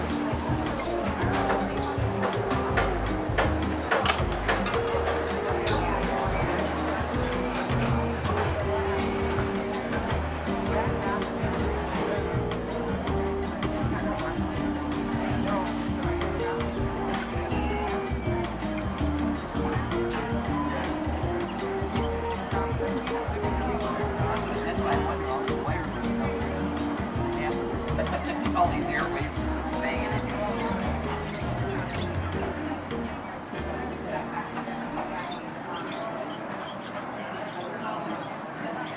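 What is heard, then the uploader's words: Seaside cafe ambience with a steady wash of chatter, a low rolling rumble underneath, and clinks scattered throughout, thinning near the end. Seaside Cafe Ambience - Coffee Shop Sounds, Ocean Sounds.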